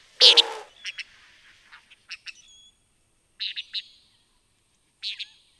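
Antillean nighthawk uttering rapid clipped note groups, preceded by a loud rasping burst and a few scattered chips.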